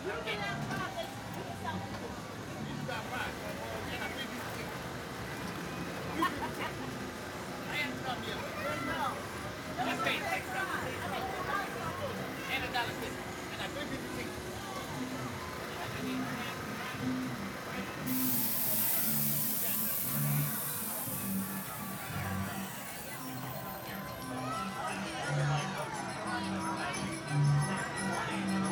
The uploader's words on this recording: Coney Island Boardwalk - Arcade II by Bandeto.